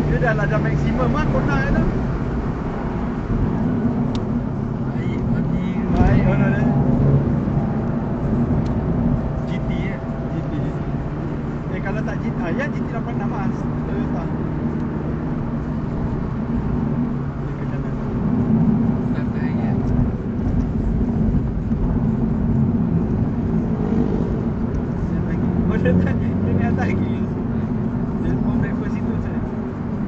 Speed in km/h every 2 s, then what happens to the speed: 112, 91, 75, 79, 83, 86, 85, 84, 79, 73, 70, 68, 70, 75, 79.
0-4 brakes to 75. 4-12 speeds up to 85. 12-23 slows to 68. 23-30 speeds up to 79.